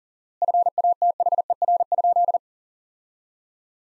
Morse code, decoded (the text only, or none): FATHER?